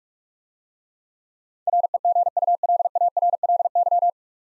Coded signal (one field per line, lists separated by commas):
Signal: Morse code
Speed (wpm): 44 wpm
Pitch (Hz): 700 Hz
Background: none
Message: REGULARLY